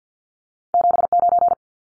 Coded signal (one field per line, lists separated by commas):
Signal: Morse code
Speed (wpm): 50 wpm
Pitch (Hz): 700 Hz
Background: none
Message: 79